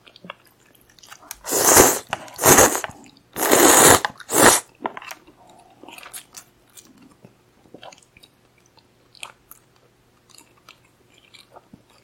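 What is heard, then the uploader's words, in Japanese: Someone eats soba noodles, with four loud, hissing slurps packed between about 1.5 and 5 seconds. After that come quieter, sparse chewing clicks and small wet mouth sounds over a faint low hum. 咀嚼音 蕎麦を食べる音。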